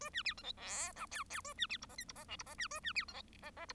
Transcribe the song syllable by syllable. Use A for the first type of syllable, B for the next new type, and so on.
A B C D E F G H H A B C I J K I J L I J B A B C D E J J I